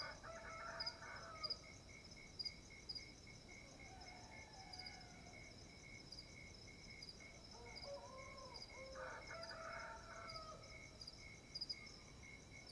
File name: Ambiencia engenho ao amanhecer galos cantando e grilos